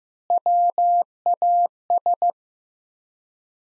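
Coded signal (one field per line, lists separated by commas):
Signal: Morse code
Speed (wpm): 15 wpm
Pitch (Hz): 700 Hz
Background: none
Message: WAS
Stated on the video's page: Morse practice sentences at 15 wpm with 3x standard word spacing, a word-based method analogous to Farnsworth.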